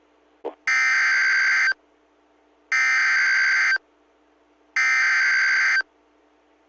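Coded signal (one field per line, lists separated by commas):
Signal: Emergency Alert System (SAME) tones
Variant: header bursts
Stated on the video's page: Severe weather outbreak alerts from NOAA weather radio stations in Fort Worth, Corsicana, Waco and Austin, Texas.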